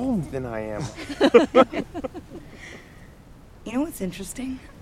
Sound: laughter

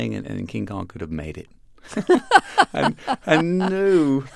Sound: laughter

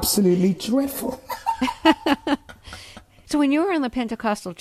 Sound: laughter

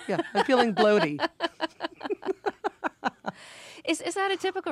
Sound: soundbite of laughter

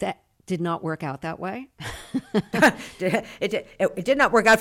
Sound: laughter

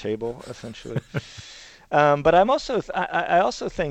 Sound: soundbite of laughter

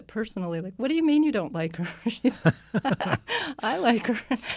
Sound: laughter

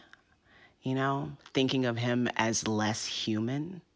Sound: none

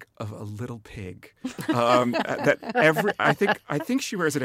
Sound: laughter

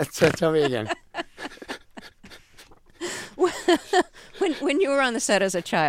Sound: laughing

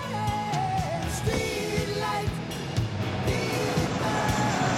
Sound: soundbite of airplane engine roaring

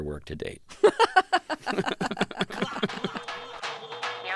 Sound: laughter

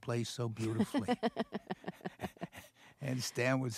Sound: soundbite of laughter

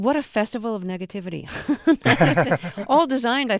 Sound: soundbite of laughter

